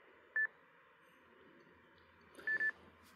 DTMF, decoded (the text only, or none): none